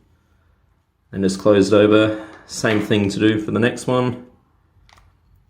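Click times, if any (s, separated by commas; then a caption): 4.9 s. Someone talks, and then the second silicone ear tip on an Apple AirPods Pro wireless earbud is opened up and pulled off the earbud nozzle. A short snap is heard at 4.9 s as the tip releases from the nozzle.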